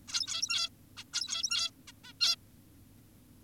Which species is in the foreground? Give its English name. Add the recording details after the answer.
Zebra Finch. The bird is an adult. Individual g17y2U